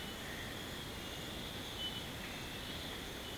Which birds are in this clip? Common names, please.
none